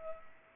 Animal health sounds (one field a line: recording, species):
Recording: mosquito wingbeat signal from an infrared sensor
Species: Culex pipiens